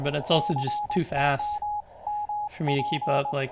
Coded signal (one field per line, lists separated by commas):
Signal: Morse code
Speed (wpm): 21 wpm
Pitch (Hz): 840 Hz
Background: speech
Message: COMP